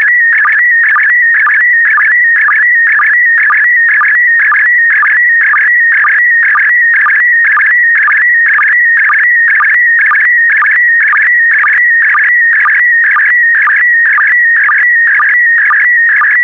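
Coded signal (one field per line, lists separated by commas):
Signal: SSTV (slow-scan television)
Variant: PD120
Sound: warbling whistle-like tone with a rhythmic chirp about twice per second throughout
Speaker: complete. You can now check your decoded image against the picture that is shown on the video.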